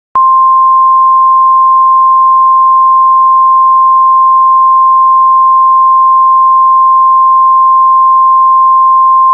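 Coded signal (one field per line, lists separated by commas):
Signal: Emergency Alert System (SAME) tones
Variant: 1050 Hz attention tone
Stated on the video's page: Fictional scenario using valid SAME tones and an attention tone from other recordings.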